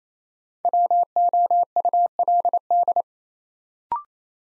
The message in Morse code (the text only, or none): WOULD